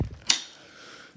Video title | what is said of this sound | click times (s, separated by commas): My Hoover windtunnel 3 pro pet vacuum | This snaps back in like that, and | 0.3 s